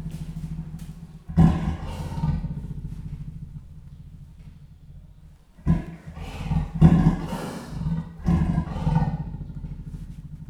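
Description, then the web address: Leopard giving deep, rasping roars in several bursts, the first around one second in and a cluster of grunting calls later, with quiet pauses between. Captive leopard at a zoo in Jászberény, recorded in 2015 at a first meeting. "allathangok jaszberenyizoo 2015. leopard elsotalalkozas"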